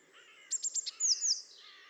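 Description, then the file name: Eurasian blue tit giving a short call of four rapid high ticks then two descending slurs. "Cyanistes caeruleus"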